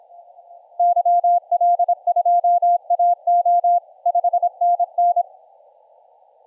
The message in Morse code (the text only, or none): YL2AO 5NN